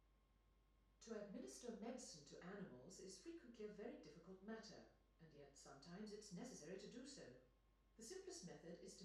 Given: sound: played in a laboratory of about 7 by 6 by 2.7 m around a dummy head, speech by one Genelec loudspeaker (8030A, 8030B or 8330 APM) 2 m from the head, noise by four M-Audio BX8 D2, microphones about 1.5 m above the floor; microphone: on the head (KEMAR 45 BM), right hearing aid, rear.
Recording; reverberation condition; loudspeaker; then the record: female speech in English; medium; 30 degrees to the left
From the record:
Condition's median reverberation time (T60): about 510 ms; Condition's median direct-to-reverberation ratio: about -0.5 dB